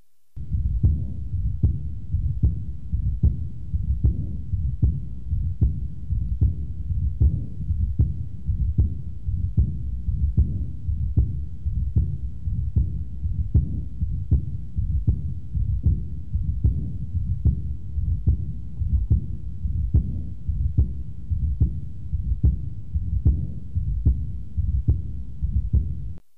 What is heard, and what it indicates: Murmur of aortic valve insufficiency is an early diastolic decrescendo murmur. It has a high frequency, similar to the sound of a human whisper. It may be difficult to hear and require extra application of force to the diaphragm of the stethoscope to the chest wall. It may be heard best at the right or left lower sternal border. has a high-frequency whispering quality and dies out during diastole.